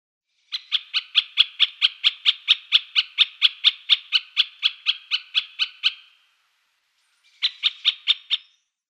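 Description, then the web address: Great spotted woodpecker calls: a fast, even run of sharp, high clicking notes for about five seconds, a pause, then a shorter burst of the same notes. "Schulze Peter Great Spotted Woodpecker calls"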